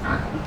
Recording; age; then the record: pig call; growing-finishing pig (85 days or more)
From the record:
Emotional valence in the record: positive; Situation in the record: run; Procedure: transit